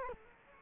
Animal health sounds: mosquito wingbeat signal from an infrared sensor; Culex quinquefasciatus

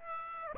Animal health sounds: mosquito wingbeat signal from an infrared sensor; Aedes aegypti

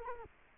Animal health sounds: mosquito wingbeat signal from an infrared sensor; Culex quinquefasciatus

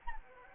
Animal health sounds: mosquito wingbeat signal from an infrared sensor; Anopheles gambiae

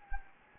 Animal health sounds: mosquito wingbeat signal from an infrared sensor; Anopheles gambiae

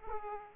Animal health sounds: mosquito wingbeat signal from an infrared sensor; Aedes aegypti

